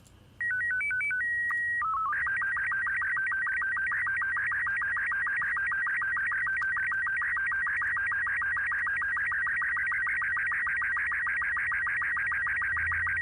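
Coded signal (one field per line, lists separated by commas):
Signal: SSTV (slow-scan television)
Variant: Robot 36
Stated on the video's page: Heard in the puzzle game Phonopath.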